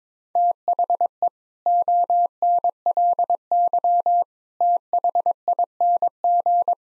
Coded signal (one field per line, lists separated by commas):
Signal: Morse code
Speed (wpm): 22 wpm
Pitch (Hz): 700 Hz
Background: none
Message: THE ONLY THING